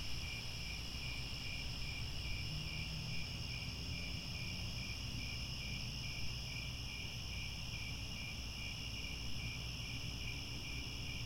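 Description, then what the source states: Crickets in a steady chorus, high rapid pulsed chirps over steady trills, continuous from start to end over a low background rumble. Chorus of crickets at twilight, as the sun sets and stars come out.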